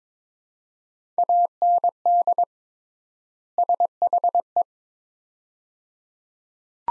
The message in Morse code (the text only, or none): AND SHE